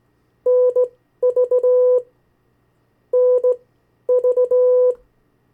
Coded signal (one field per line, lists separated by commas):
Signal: Morse code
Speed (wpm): 17 wpm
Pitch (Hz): 500 Hz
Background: none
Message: NV NV